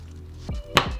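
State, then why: Seated. A lens port is set into the bayonet mount of an aluminium underwater camera housing and turned back until the lock engages. After a soft thud at about 0.5 s over a low steady hum, a sharp, loud click sounds at 0.8 s. The port is seated in the bayonet mount.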